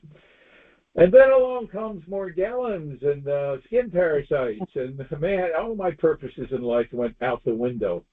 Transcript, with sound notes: And then along comes Morgellons and, uh, skin parasites-
(laughs)
... and man, all my purposes in life went out the window.